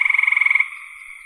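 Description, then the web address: Frog giving a loud, fast pulsed trill of rapid even beats, then a softer steady buzz continuing. "cn frogs"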